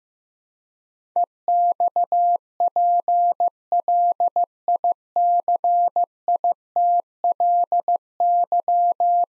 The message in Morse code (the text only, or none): EXPLICITLY